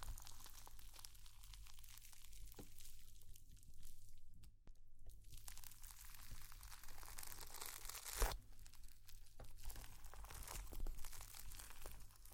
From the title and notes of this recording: ASMR Slime sounds for sleep, tingles and relaxation.